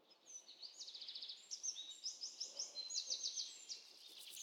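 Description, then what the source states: Birds singing high buzzy trills and short chattering phrases over a steady background hiss. Birds in the jungle.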